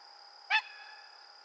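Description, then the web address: Great blue heron making a single short harsh squawk, abrupt and rasping, over a steady electronic hum. Recorded on 24 June 2007. "Great Blue Heron 2007 06 24"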